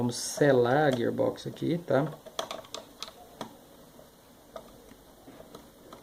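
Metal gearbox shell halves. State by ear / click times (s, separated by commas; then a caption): not seated / none. Someone talks while closing one half of an airsoft AEG gearbox shell onto the other half after shimming, and a series of sharp clicks and taps is heard from about 2.4 s to 4.6 s. The gearbox shell halves have not seated yet.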